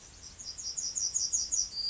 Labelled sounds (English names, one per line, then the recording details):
Yellowhammer song
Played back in grassland
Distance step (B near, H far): D
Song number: 044